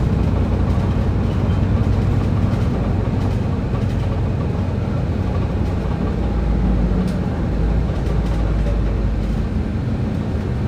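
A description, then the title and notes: A bus rumbles along with a steady, dense low engine drone and road noise, broken by faint scattered clicks and rattles throughout. Al Nadha to Deira city centre Dubai travel experience. Using 22 bus I'm traveling to Deira city centre bus station.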